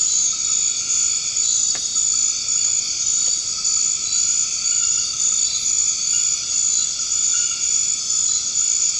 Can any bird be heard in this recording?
no